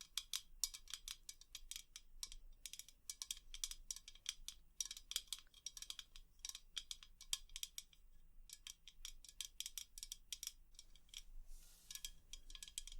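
Rapid tapping, light and bright, comes in dense clusters of clicks across the whole clip, pausing briefly near eight seconds and again around eleven. The taps sound hard and metallic, like utensils on a surface. A steady low hum runs beneath.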